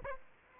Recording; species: mosquito wingbeat signal from an infrared sensor; Aedes aegypti